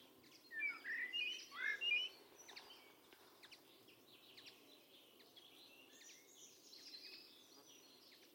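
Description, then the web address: Bird calls: a run of sharp whistled notes in the first two seconds, followed by faint, scattered high chirps. Calls rendered as "tu me tu me". "cianscape birddata Deverinetal 2025 Bird Only Tu Me Tu Me"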